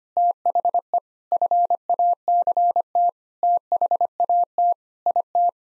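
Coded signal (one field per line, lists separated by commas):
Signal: Morse code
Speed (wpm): 25 wpm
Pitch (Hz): 700 Hz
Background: none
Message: THE FACT THAT IT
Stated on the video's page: Morse code practice at 25 wpm: sentences built from common four-word phrases, each sent in Morse, then spoken, then sent again.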